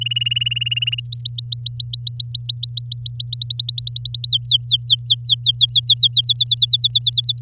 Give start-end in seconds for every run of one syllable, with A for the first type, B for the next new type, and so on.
0.01-1.00 A, 1.02-3.30 B, 3.32-4.29 C, 4.30-6.33 D, 6.36-7.39 E